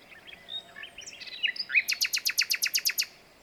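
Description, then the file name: Common nightingale song: a few varied chirps and short whistles, then a loud, rapid series of about a dozen identical hard notes. "Luscinia megarhynchos"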